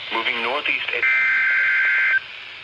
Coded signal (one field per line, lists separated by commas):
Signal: Emergency Alert System (SAME) tones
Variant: header bursts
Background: speech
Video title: EAS #165 - Tornado Warning